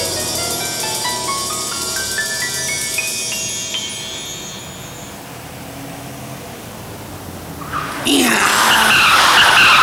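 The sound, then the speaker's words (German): A climbing, stepped tonal whine fades into a hiss, then a car suddenly skids near the end with a loud, harsh burst of squealing tires as it runs over a cat. “Ey, da hat einer eine Katze überfahren.”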